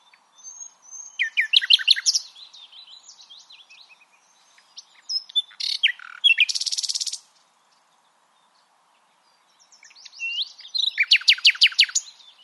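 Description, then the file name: Common nightingale song with rattling note series, a loud harsh buzz and a closing run of rapidly repeated notes, separated by short silences. "Luscinia megarhynchos"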